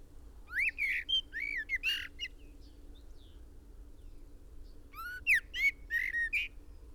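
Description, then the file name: Common blackbird uttering rasping, rising notes in two short bouts, several strong upslurred tones in each, against a soft constant low drone. "Turdus merula"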